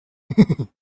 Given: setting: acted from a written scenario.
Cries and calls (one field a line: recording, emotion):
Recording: vocal sound without words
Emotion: amusement